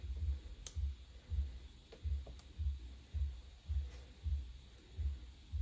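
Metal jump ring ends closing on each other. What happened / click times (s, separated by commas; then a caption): Small metal ring ends click closed / 0.7 s, 2.4 s. Metal jump rings are closed by hand, the ends meeting with sharp clicks at 0.7 s and 2.4 s over a low, regular thumping background. Each ring clicks closed and seats.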